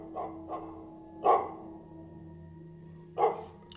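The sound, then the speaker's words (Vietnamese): A dog barks late at night during a flood, in sparse bursts: two short, softer barks, then a louder one, a pause, and another loud bark. There is a steady low hum underneath and no one speaks. “Nghe cái tiếng chó sủa nó chẳng những là tiếp thêm sinh khí mà nó càng làm cho người ta thêm buồn.”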